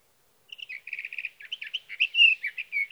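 Sage thrasher song, rapid repeated chirping notes building into a flowing warble with longer whistled slurs.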